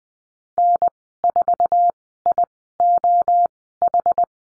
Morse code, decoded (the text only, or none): N4IOH